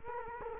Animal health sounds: mosquito wingbeat signal from an infrared sensor; Culex quinquefasciatus

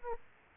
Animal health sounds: mosquito wingbeat signal from an infrared sensor; Aedes aegypti

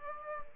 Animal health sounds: mosquito wingbeat signal from an infrared sensor; Aedes aegypti

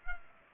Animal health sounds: mosquito wingbeat signal from an infrared sensor; Culex pipiens

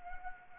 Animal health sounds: mosquito wingbeat signal from an infrared sensor; Anopheles arabiensis

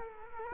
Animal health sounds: mosquito wingbeat signal from an infrared sensor; Culex quinquefasciatus

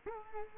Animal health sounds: mosquito wingbeat signal from an infrared sensor; Culex quinquefasciatus

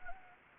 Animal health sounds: mosquito wingbeat signal from an infrared sensor; Anopheles gambiae

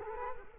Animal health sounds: mosquito wingbeat signal from an infrared sensor; Culex quinquefasciatus

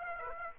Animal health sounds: mosquito wingbeat signal from an infrared sensor; Aedes aegypti

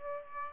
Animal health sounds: mosquito wingbeat signal from an infrared sensor; Aedes aegypti

